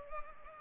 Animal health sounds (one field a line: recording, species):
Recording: mosquito wingbeat signal from an infrared sensor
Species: Culex pipiens